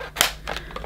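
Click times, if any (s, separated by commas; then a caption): 0.2 s. The retaining band holding a new exhaust filter on a Sebo Felix vacuum cleaner is pushed together around the bottom of the bag housing. A sharp click at 0.2 s is followed by a few fainter taps around 0.6, 0.8 and 0.8 s. The band is seated on the housing.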